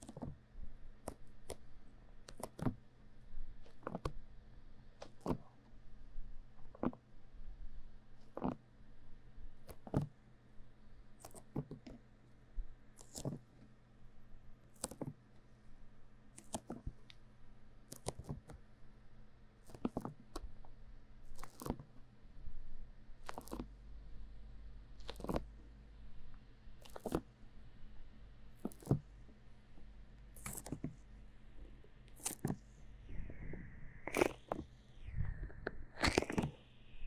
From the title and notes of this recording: 用蘆薈凝膠按摩耳朵. Aloe based gel sticky Earmassage | 3Dio | NoTalking.